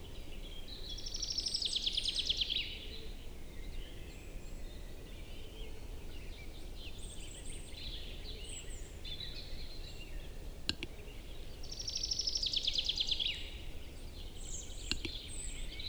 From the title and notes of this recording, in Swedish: Tjäderspelets ljudvärld. Här får du själv höra skogens alla ljud i slutet av april när tjäderspelet är på sin topp. Vi har spelat in en spelande tjädertupp med en Telinga SSM-mikrofon kopplad till en Olympus LS14.